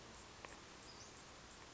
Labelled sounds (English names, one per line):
Western Flycatcher